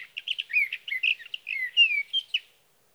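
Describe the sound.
Sage thrasher song fragment: a fast jumble of short chirps gives way to several longer, sliding whistled notes before stopping.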